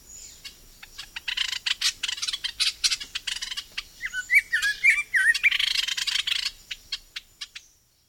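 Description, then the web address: Red-throated ant-tanager giving a long run of many harsh, scratchy chattering notes mixed with a few short whistled slurs, then fading. South America. "Natures Songs S America Red-throated Ant-Tanager"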